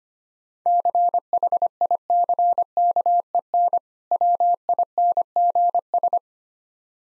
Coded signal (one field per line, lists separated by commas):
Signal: Morse code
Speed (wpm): 25 wpm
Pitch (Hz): 700 Hz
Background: none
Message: CHICKEN WINGS